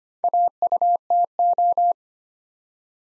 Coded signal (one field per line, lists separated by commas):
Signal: Morse code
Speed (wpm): 25 wpm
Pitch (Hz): 700 Hz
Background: none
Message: AUTO